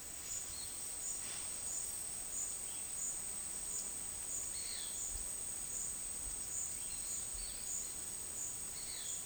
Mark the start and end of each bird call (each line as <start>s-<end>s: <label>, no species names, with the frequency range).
4.44s-5.04s: bird call (1.4-5.4 kHz)
8.72s-9.20s: bird call (1.4-5.1 kHz)